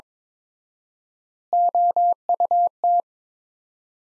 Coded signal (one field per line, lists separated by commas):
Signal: Morse code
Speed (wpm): 22 wpm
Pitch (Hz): 700 Hz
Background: none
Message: OUT